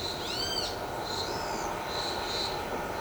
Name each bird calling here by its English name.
Yellow-headed Caracara, Pale-eyed Pygmy Tyrant